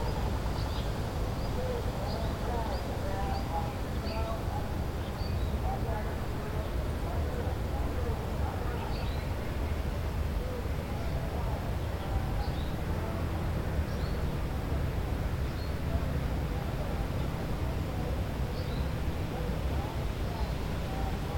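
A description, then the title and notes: Outdoors at a tree farm, a voice carries over a loudspeaker from far off, indistinct and echoing. A steady low rumble fills the background throughout, and small high chirps, likely birds, break through now and then. Tree farm. Distant speaker.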